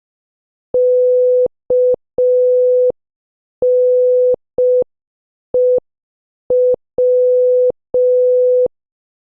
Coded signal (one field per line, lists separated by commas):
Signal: Morse code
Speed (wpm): 5 wpm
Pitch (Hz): 500 Hz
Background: none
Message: KNEW